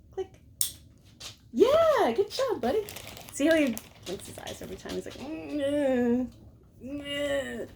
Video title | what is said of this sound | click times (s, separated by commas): Brok tries the muzzle | comes the click yeah | 0.6 s